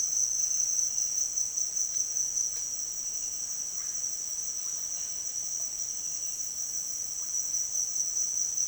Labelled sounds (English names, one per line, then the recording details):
none
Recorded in dense forest near Puerto Asís, Putumayo, Colombia, on 4 March 2025 at 08:30
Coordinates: 0.481, -76.323
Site G088